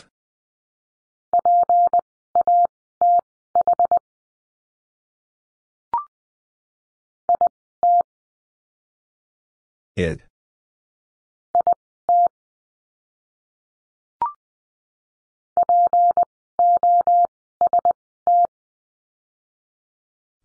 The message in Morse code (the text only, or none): PATH IT IT POST